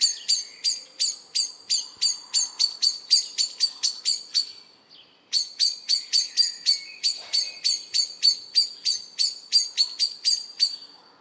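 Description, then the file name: Common blackbird chinking steadily, bright clipped notes repeated several times a second in two long runs separated by a brief gap. "Turdus merula"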